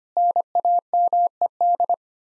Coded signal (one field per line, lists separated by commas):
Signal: Morse code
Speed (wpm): 25 wpm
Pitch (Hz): 700 Hz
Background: none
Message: NAMED